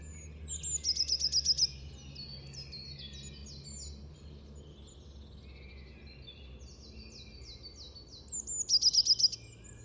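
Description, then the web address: Eurasian blue tit call: a short, fast trill heard twice, about eight seconds apart, with softer twittering in between and low steady background noise. "cianscape. Deverinetal"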